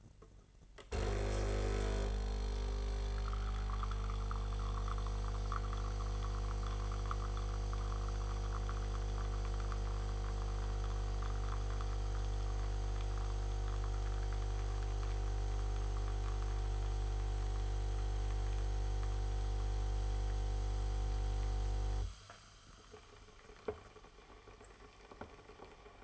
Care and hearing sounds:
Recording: daily activity, microphone in the room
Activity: make coffee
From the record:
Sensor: 4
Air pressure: 989.3 hPa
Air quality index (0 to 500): 218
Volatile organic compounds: 72 ppm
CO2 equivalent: 3533 ppm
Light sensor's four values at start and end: 24/82/30/32 and 23/82/30/32

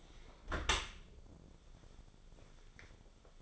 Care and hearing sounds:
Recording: daily activity, microphone in the room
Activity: close dishwasher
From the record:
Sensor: 5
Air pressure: 1015.0 hPa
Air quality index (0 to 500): 124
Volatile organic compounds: 3 ppm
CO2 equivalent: 1331 ppm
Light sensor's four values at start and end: 36/86/35/38 and 39/92/37/40

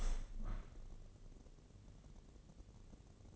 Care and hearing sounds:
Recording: daily activity, microphone in the room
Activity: open window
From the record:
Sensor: 4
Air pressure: 1013.1 hPa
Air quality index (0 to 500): 165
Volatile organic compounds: 2 ppm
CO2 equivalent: 1042 ppm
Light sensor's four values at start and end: 40/98/40/40 and 40/96/39/41

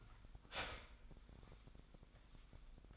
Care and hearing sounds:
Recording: daily activity, microphone in the room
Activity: start toaster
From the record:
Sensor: 5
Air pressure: 1002.0 hPa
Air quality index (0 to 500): 204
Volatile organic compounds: 18 ppm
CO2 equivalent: 2632 ppm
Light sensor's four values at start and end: 34/109/42/44 and 34/109/42/44

